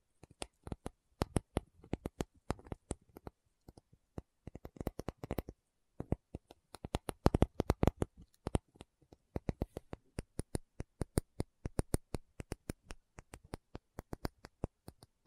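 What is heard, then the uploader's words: Sharp, crisp tapping comes in quick irregular bursts and steadier runs throughout, with brief pauses near the start and around four seconds. Tapping Session (No Talking).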